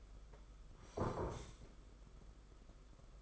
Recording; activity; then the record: daily activity, microphone in the room; sit down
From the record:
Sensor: 5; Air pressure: 991.8 hPa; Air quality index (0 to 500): 142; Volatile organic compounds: 125 ppm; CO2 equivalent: 3905 ppm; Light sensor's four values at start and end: 32/108/40/43 and 32/108/40/43